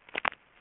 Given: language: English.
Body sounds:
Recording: throat vibration sensor signal played as sound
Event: swallow

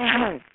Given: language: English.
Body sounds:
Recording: throat vibration sensor signal played as sound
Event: throat clearing

